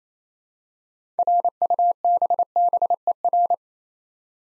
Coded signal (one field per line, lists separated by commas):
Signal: Morse code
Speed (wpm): 28 wpm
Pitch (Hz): 700 Hz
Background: none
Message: RUBBER